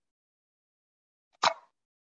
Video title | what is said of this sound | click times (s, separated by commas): Innovations in Equine Asthma Part 2 | this all the way in so you'll hear a little click there but | 1.4 s